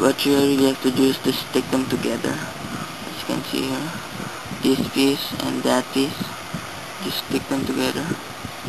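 Two plastic pieces from a BB Senshi Sangokuden Liu Bei Gundam model kit are held by hand, ready to be pushed into each other, while someone talks over a steady background hum. Nothing has seated or clicked yet; the parts are still being handled.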